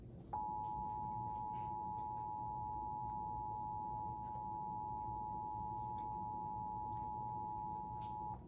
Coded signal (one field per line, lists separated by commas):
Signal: Emergency Alert System (SAME) tones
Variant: 853 and 960 Hz attention tone